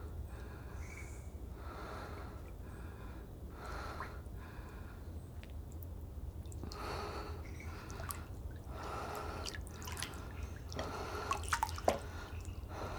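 Water laps in soft, breathy washes that arrive every second or two over a steady low rumble. Toward the end, a few sharp, bright calls or drips cut through, and the lapping grows a little busier.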